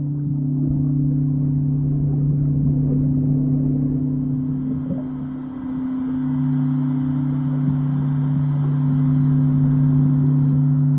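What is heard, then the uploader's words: Deep, steady singing bowl tones hum throughout, two low sustained notes layered over a dark rumbling wash. Around the middle the lower tone briefly drops away and the level dips before it swells back, and a faint high ringing tone appears partway through. Soundscape singing bowls, deep sea healing on the Great Barrier Reef.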